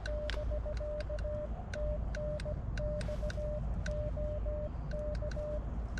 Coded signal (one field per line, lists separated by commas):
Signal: Morse code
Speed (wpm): 17 wpm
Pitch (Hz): 600 Hz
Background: none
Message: <BK> TNX OK